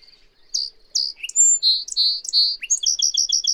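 Bird sings a lively phrase of bright whistles and slurred notes that speeds into a fast series of several repeated high chips at the close.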